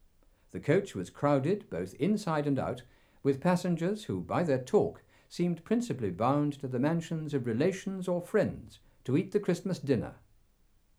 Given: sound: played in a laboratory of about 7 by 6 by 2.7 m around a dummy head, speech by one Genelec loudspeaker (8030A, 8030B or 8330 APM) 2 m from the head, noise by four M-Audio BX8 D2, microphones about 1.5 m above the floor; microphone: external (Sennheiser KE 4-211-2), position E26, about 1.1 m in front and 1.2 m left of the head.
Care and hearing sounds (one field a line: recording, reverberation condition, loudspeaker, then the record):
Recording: male speech in English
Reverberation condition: low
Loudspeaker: 30 degrees to the left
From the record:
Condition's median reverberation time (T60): about 310 ms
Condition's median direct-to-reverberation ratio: about 3.5 dB